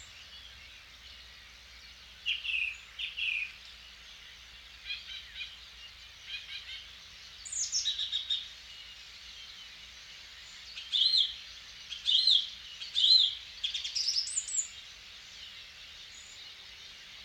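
An evening in a clay pit, captured with a dummy-head microphone. Short bright bird calls and chirps come in bursts every second or two, busiest after the eighth second, over a steady faint hiss of distant birdsong and a low soft rumble.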